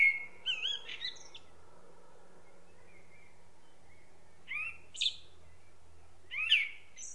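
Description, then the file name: Common blackbird song with three phrases, each a rich warbled whistle running into high, strained twittering, with pauses between and a faint low hum. "Turdus merula"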